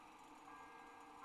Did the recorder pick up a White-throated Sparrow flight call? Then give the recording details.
no. No flight call is heard. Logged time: 23:30 on 29 November 2014